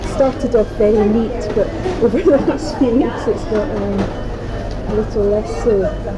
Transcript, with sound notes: It started off very neat. But, [laughs] over the last few weeks it's got a little less so.